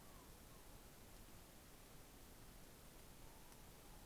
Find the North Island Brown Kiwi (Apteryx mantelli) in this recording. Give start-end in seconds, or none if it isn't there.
none